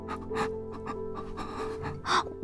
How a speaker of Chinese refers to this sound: 只是这样的动作他大概花了十分钟，喘得像是坏掉的手风琴。